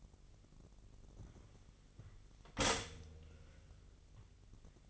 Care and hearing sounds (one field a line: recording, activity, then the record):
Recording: daily activity, microphone in the room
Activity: stop toaster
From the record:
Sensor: 4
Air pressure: 1002.8 hPa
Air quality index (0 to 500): 235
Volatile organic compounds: 16 ppm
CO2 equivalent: 2548 ppm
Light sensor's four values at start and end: 21/74/27/27 and 20/67/25/24